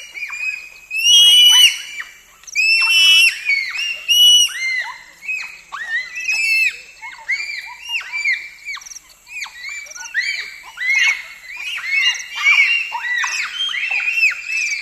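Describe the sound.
Bonobo calls: a group giving shrill, high yelps and squeals with arching, rising-falling notes that overlap in bursts throughout.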